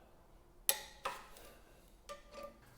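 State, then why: Torque reached. A torque wrench is turned on the next wood-chipper blade bolt while downward pressure is held on it. One loud, sharp click sounds at 0.7 s as it reaches the set torque, followed by a softer metallic knock at about 1.1 s and a faint tap near 2.1 s. The bolt is now torqued.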